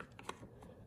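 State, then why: Not seated. A new replacement plastic hubcap is pressed onto the wheel of a Snapper lawn mower, producing a few short plastic taps and scrapes over less than a second. The cap does not snap into place because it is 1/100 inch wider in diameter than the original.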